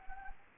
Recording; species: mosquito wingbeat signal from an infrared sensor; Anopheles arabiensis